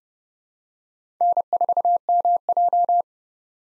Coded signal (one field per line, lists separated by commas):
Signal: Morse code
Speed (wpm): 30 wpm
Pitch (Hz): 700 Hz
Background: none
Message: N4MJ